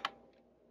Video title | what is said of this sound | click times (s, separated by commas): Meet Deborah, the 1950's Singer 306W | when you hear that click you know you've done it right | 0.0 s